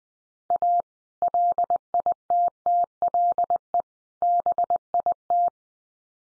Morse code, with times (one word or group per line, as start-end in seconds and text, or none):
0.5-0.8 A
1.2-3.8 LITTLE
4.2-5.5 BIT